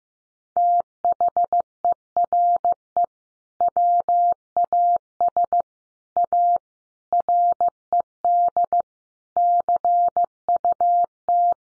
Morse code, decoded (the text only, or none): THERE WAS A RED CUT